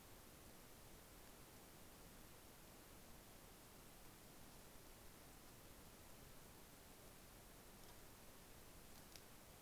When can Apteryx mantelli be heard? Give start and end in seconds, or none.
none